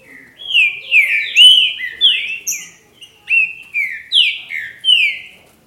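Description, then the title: Green-winged saltator song: bold, clear whistles, most notes slurring downward, given in two tight groups separated by a short gap. "Trinca Ferro"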